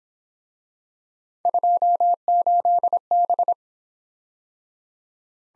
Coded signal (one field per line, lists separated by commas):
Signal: Morse code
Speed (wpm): 23 wpm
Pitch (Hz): 700 Hz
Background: none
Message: 28B